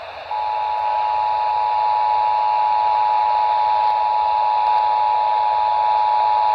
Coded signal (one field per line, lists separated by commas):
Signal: Emergency Alert System (SAME) tones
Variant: 853 and 960 Hz attention tone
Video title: Northeast Winds, Southern Storms. | EAS Alerts from 2/15/25 | EAS#1,662-1,670